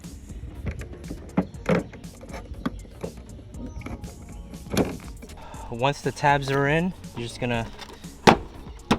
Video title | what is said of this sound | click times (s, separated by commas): BRAKE LIGHTS AND REVERSE LIGHTS INSTALLATION For 10th Gen Honda Civic | go like that until you hear a little pop, or like until you hear the tabs click in. | 8.3 s